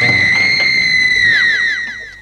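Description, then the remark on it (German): A shrill, sustained high-pitched scream from an electric clock holds steady for over a second, then wavers and slides downward in several falling wails as it fades out. “Ihr seht, eine schreiende Uhr ist nichts Besonderes für mich.”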